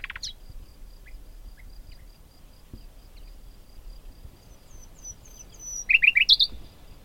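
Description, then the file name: Common nightingale singing: a long quiet stretch with faint thin whistles, then a short loud burst of rapid chattering notes near the end. "Luscinia megarhynchos"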